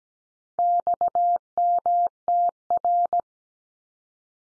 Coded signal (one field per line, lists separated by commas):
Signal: Morse code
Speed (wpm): 17 wpm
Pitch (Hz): 700 Hz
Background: none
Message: XMTR